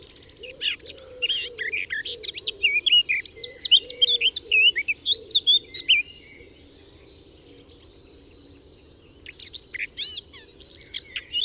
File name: Sylvia atricapilla